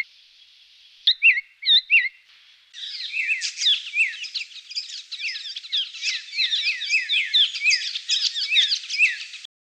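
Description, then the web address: White-naped honeyeater calls: a few sharp high notes, then a dense, continuous run of quick high chips and chattering notes. Recorded in a garden in Canberra. "canberra-garden-birds honeyeaters white-naped-honeyeater"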